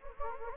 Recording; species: mosquito wingbeat signal from an infrared sensor; Anopheles gambiae